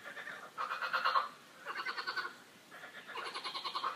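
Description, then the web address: Frog croaks, several buzzy pulsed bursts separated by short quiet gaps. Frogs croaking in a park; the calls are described as a quack-like 'coin-coin'. "coincoin des grenouilles dans le parc"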